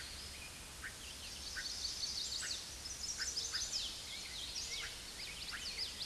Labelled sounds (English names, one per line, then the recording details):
Chestnut-sided Warbler song
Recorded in a Pennsylvania forest on 16 May 2024 at 06:54
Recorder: AudioMoth, point MSD-0438
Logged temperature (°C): 14.5 °C
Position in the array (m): 83 m, 60 m